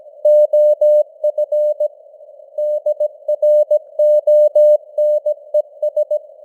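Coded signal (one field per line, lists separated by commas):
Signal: Morse code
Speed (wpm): 17 wpm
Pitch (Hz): 600 Hz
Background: none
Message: OF DRONES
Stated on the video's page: News headlines sent in Morse at 17 wpm with simulated radio noise and varying signal strength (QSB).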